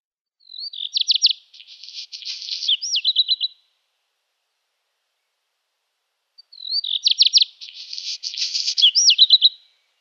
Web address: Schulze Peter Black Redstart song